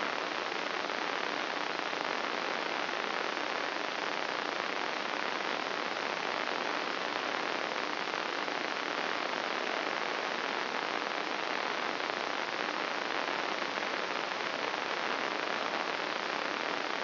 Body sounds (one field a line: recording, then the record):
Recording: brain microelectrode recording played as sound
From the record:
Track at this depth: inside the subthalamic nucleus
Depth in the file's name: 3.366 mm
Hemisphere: left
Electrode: 3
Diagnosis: Parkinson's disease